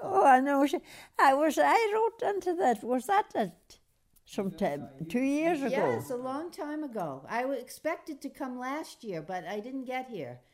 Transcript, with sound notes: I wish, I wrote into that, was that some time, two years ago. ( voice off mike )
Yes, a long time ago. I expected to come last year, but I didn't get here.